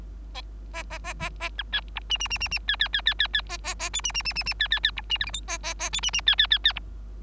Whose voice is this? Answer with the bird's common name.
Bengalese Finch